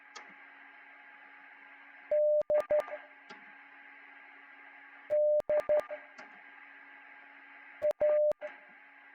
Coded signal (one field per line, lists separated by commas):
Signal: Morse code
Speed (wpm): 12 wpm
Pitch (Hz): 600 Hz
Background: radio noise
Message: D D A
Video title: Morse trainer F6EYO